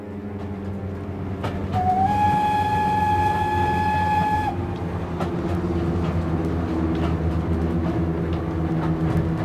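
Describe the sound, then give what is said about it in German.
A slow train travelling to Paris rumbles along with a steady low roar and recurring clacks of wheels on rail joints, while a sustained whistle tone sounds for a couple of seconds early on. “Sämtliche Gedanken fertig gedacht, durchgewalkt, festgehämmert von diesem ewigen Schienenrhythmus.”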